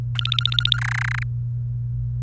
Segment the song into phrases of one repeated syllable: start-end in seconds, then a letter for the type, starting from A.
0.15-0.77 A, 0.78-1.23 B